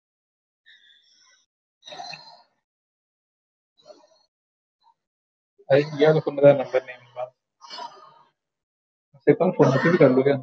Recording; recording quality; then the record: deep breathing; moderate, slight background noise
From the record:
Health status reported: exposed to COVID-19, no respiratory illness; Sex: male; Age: 26 years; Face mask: not worn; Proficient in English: yes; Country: India